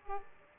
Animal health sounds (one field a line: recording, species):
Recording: mosquito wingbeat signal from an infrared sensor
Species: Aedes aegypti